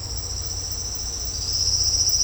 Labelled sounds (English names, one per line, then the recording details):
none
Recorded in secondary vegetation near Puerto Asís, Putumayo, Colombia, on 18 December 2024 at 09:30
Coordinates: 0.502, -76.326
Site G028